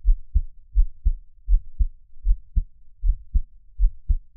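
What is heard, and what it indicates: Steady, deep paired thumps, a soft first beat quickly followed by a sharper second, repeating about 80 times a minute in a regular rhythm. An adult heartbeat heard up close, Taiwanese ASMR for relaxation listening, with no talking and only a faint low hum behind it.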